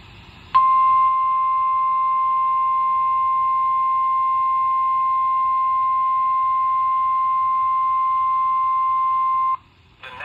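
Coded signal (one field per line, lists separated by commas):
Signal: Emergency Alert System (SAME) tones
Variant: 1050 Hz attention tone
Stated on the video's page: Real alerts from a severe weather outbreak in Ohio.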